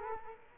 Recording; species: mosquito wingbeat signal from an infrared sensor; Culex quinquefasciatus